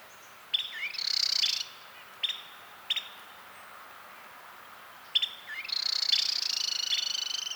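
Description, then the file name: Carolina wren giving harsh buzzy chatters near the start and end, separated by two sharp single notes, with quiet background otherwise. "Carolina Wren Thryothorus ludovicianus"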